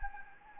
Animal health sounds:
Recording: mosquito wingbeat signal from an infrared sensor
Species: Anopheles gambiae

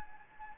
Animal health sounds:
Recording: mosquito wingbeat signal from an infrared sensor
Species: Anopheles gambiae

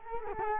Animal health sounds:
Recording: mosquito wingbeat signal from an infrared sensor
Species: Culex quinquefasciatus

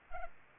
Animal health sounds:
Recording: mosquito wingbeat signal from an infrared sensor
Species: Culex pipiens

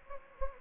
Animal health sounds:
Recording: mosquito wingbeat signal from an infrared sensor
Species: Anopheles gambiae

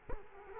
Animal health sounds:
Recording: mosquito wingbeat signal from an infrared sensor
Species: Culex quinquefasciatus

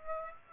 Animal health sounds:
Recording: mosquito wingbeat signal from an infrared sensor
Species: Aedes aegypti

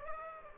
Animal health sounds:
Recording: mosquito wingbeat signal from an infrared sensor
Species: Aedes aegypti

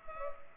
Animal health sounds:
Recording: mosquito wingbeat signal from an infrared sensor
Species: Culex pipiens

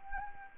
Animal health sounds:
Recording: mosquito wingbeat signal from an infrared sensor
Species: Anopheles arabiensis

